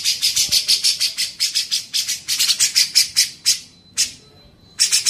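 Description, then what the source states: Grey-cheeked bulbul gives a quick run of rasping buzzy notes that fades out, followed by two isolated harsh bursts separated by quiet. Masteran tutor recording used for training songbirds.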